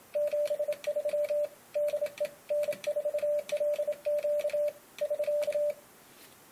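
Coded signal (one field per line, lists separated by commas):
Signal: Morse code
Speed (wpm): 27 wpm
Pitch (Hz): 590 Hz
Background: radio noise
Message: 73 DE N4LQ <SK>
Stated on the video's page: Morse sent on a McElroy 1936A model bug.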